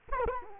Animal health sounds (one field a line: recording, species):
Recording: mosquito wingbeat signal from an infrared sensor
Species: Culex quinquefasciatus